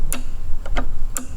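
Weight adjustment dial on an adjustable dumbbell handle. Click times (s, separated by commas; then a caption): 0.1 s, 1.2 s. Someone turns the adjustment ring on the end of the metal handle of a Snode AD80 adjustable dumbbell to select a weight. Sharp clicks at 0.1 s and 1.2 s, with softer ticks in between around 0.7–0.8 s, mark the dial snapping into its detent. The weight dial is seated in position.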